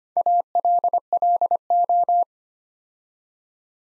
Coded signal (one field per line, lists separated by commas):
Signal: Morse code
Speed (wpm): 25 wpm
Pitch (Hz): 700 Hz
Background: none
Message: ALLO